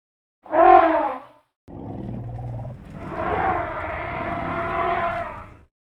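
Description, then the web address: African elephant calls: a short loud trumpet blast, then a lower growling rumble, followed by a long harsh roaring bellow lasting nearly three seconds. "zvuk na glasa na afrikanski slon"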